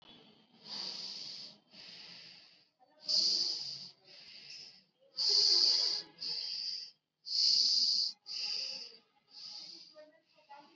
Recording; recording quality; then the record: deep breathing; excellent, no background noise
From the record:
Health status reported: COVID-19 positive, mild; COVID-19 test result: positive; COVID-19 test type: rapid antigen test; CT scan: not taken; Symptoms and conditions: cough, sore throat, fever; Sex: female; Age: 18 years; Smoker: no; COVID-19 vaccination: none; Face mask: worn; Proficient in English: yes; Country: India